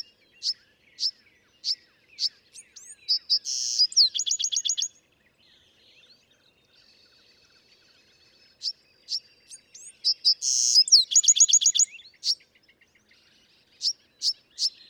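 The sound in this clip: Bewick's wren song: a series of sharp high chips, then a buzzy burst and a fast dry trill, heard twice with a quiet gap between, followed by more chips.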